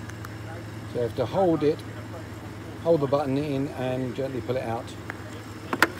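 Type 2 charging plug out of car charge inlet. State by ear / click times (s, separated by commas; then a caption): released / 5.8 s. Someone talks over a steady low hum while holding the release button on a Type 2 EV charging plug and gently pulling it out of the car's charge inlet. A sharp latch click at 5.8 s marks the plug unlatching and coming free, released.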